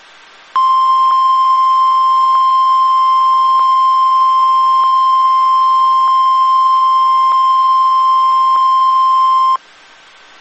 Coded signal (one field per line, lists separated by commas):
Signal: Emergency Alert System (SAME) tones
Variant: 1050 Hz attention tone